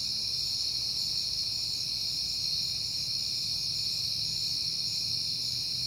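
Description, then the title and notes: Crickets trilling as a dense, even drone, constant from start to finish, with faint low rumbling below. Crickets recorded on a peaceful night in September. "Night Time: Crickets and Passing Cars. It is September and I have been hearing the crickets a lot, but finally had a peaceful night to make the recording"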